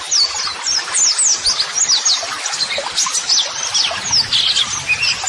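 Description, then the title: White-eye song: busy high twitter of quick slurred notes and sharp chirps, steady throughout. Masteran (model song) audio for training white-eyes, described as therapy audio meant to make a bird answer at once; 'gacor' meaning a vigorously singing bird. "Pleci Gacor. LANGSUNG NYAUT MASTERAN AUDIO TERAPI PLECI"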